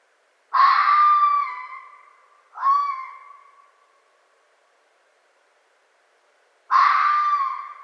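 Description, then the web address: Red fox screams, three harsh hoarse wails with a raspy, wavering tone, the first two almost back to back and fading, then a long silent gap before the third. Recorded 4 May 2011. "Red Fox 2011 05 04"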